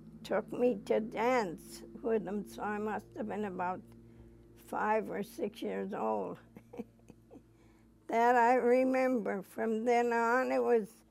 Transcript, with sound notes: took me to dance with him, so I must have been about five or six years old. (she laughs) That I remember. From then on it was